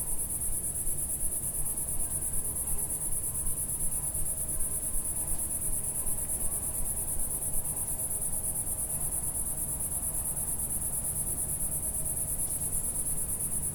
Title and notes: Sound Escape 137: Enter a trance-like state to the song of a cicada in a French garden. We’re in the garden in a small village in Picardy in Northern France. The early evening warmth teases sweet scent from the lavender bushes and myrtles while a single cicada plays its eternal silvery zither